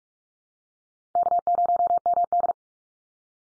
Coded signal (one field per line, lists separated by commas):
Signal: Morse code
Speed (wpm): 44 wpm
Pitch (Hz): 700 Hz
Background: none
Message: K0MD